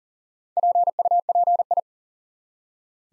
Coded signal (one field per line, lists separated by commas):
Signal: Morse code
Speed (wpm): 40 wpm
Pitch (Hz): 700 Hz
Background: none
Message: PUPI